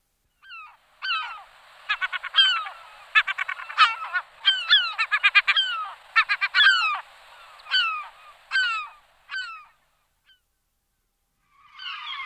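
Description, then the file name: European herring gull giving loud harmonic calls in rapid bursts of short, falling 'kyow' notes, repeated in a laughing series, then a pause and a final burst. "larus argentatus"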